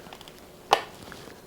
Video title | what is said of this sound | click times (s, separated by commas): Installing the QUAD LOCK Motorcycle Fork Stem Mount w/Paul Henderson | Snaps right in place. | 0.7 s